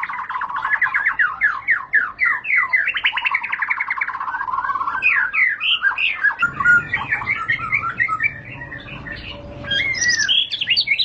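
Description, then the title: White-rumped shama song: rhythmic fast trill, then varied whistles and chirps with high sharp notes near the end. Lure (pancingan) of high-class murai batu song, much sought for use as master tutor for caged birds. "Pancingan Murai Batu Berkelas Banyak Di Cari Buat Masteran"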